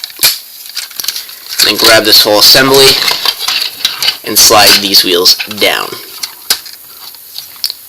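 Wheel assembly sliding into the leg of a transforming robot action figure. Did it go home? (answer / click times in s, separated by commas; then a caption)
yes / 7.6 s. Someone talks while handling a plastic transforming robot action figure, grabbing the wheel assembly and sliding the wheels down into the figure's leg, with small plastic clicks and rattles throughout. The wheel assembly locks and clicks into place at 7.6 seconds.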